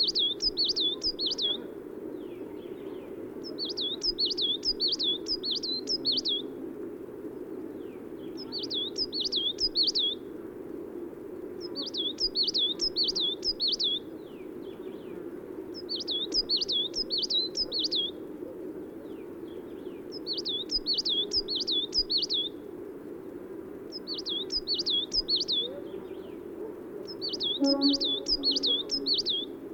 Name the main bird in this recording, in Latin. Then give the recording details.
Periparus ater. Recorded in the wild. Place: Irkutsk, RU. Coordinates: 52.252, 104.546. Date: 1979-06-11. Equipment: Nagra III BH, Sennheiser MD 21, parabola. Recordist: Schubert, Michael. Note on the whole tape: Gesang Tannenmeise